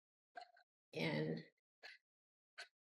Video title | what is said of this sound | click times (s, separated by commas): [Military History 49] WWII FRANCE: French soldier 1/6 scale kitbash custom-MAS-36 rifle! | just have it click in place there. | 0.4 s